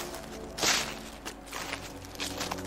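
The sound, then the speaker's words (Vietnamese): Soft, shuffling footsteps scrape along behind someone late at night at an uneven pace, four or five brushing steps with one louder swish early on, and no voices. “Bỗng tôi nghe đằng sau có tiếng bước chân loạt xoạt ấy cũng đến là lạ, dần dần là trong cái đêm khuya này cái tiếng bước chân đó nó rõ lắm.”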